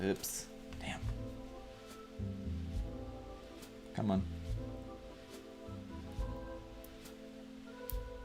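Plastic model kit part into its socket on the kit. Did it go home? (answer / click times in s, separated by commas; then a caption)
yes / 7.9 s. A plastic part of an RG Gundam GP01Fb Full Bernern model kit is pressed into its socket while the figure is being assembled, as someone talks over background music. A short, sharp click at 7.9 s marks the part seating into place.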